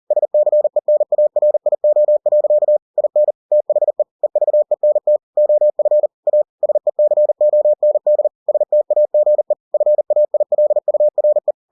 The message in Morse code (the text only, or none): SCENARIO. IN THE EVENT OF A SECOND STAGE FAILURE